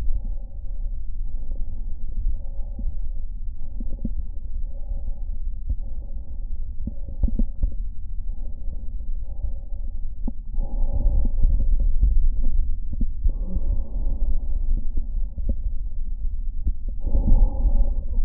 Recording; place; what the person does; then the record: lung sounds by stethoscope; right posterior basal chest; quiet breathing, then deep breathing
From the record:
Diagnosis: interstitial lung disease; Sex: female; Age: 61 years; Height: 155 cm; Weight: 75.5 kg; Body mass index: 31.4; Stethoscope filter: diaphragm mode